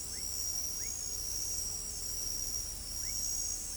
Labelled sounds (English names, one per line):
none